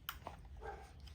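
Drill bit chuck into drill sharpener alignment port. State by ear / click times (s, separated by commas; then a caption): seated / 0.1 s. A drill chuck holding a drill bit is lined up one notch over using its alignment tabs and slid into a drill sharpener's port, where it locks in place with a sharp click at 0.1 s. A softer knock follows at 0.3 s and a faint tap at 1.1 s over low background rumble.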